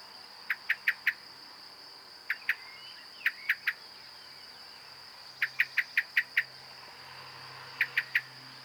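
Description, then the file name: Common blackbird calls: sharp, clicking chinks in short bursts of two to six, separated by pauses, over a steady high drone. "Turdus merula"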